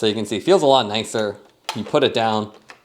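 Someone talks while handling the metal clasp on a competitor's bicycle torque tool carrying case, pushing it down toward locking shut, a clasp valued as more secure and premium than plastic latches. Nothing has clicked or locked into place yet by the end of the clip.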